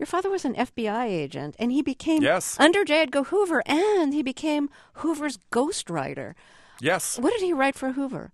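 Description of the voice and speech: Clear, fluent adult female voice asking an interview question, with a brief spoken interjection; ordinary speech.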